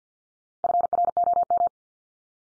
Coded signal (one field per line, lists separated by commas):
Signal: Morse code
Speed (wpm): 50 wpm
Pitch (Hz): 700 Hz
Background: none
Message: FROM